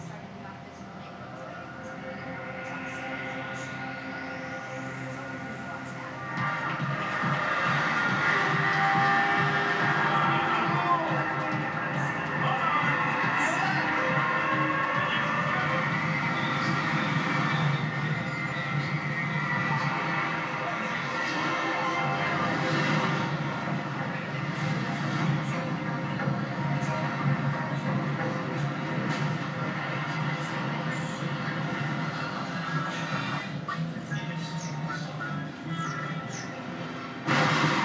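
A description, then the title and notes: Coney Island arcade ambience: a busy, steady wash of overlapping chatter and machine sounds, with many tonal beeps and jingles layered throughout. It starts quieter, then thickens and grows louder around six seconds, staying dense until a slight drop near the end. Coney Island Arcade I, Walk Around, Chatter, Light TV by Bandeto.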